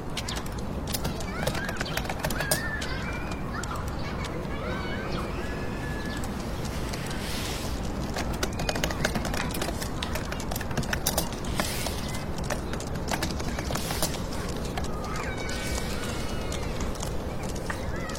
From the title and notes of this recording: Atmospheric scene of staying up late working and studying in computer room, fingertip typing and urban white noise.